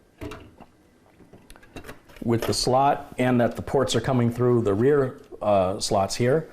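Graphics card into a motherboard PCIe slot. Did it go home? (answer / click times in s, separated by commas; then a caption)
no / none. A GTX 1080 Ti graphics card is lined up with a motherboard PCIe slot, with its ports coming through the rear bracket openings, making a few light taps and knocks in the first two seconds before someone talks. The card has not been pushed in, and nothing has clicked or seated yet.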